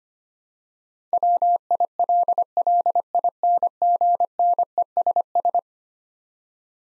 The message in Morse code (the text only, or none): WILLINGNESS